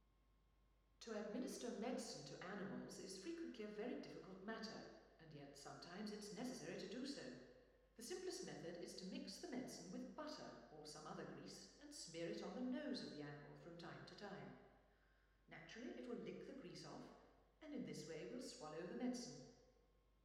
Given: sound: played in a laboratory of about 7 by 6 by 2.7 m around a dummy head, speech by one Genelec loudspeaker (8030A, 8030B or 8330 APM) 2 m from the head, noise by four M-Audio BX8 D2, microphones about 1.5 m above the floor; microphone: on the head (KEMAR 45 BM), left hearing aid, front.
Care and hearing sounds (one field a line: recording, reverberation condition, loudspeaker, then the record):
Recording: female speech in English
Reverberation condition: high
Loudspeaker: 90 degrees to the left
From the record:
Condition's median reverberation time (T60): about 1300 ms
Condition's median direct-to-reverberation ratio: about -4.0 dB